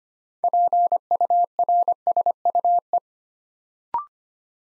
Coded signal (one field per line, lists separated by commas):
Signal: Morse code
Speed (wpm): 25 wpm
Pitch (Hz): 700 Hz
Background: none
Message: PURSUE